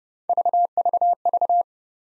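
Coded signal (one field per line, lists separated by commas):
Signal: none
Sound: three short separator beeps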